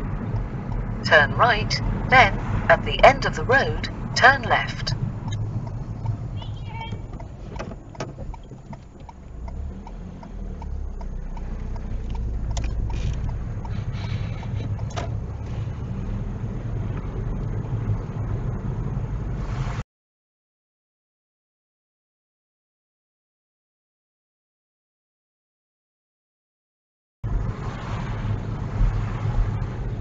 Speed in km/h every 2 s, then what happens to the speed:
19, 18, 10, 0, 0, 6, 10, 10, 18, 16, 16, 16, 16, 15, 15.
0-6 slows to 0. 6-9 standing. 9-16 pulls away to 18. 16-30 steady at about 16.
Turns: none.